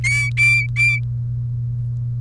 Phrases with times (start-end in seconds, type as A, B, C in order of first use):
0.04-0.98 A